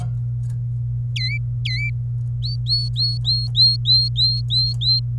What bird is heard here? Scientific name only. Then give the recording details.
Serinus canaria. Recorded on 27 April 2018 at 09:37. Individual llb3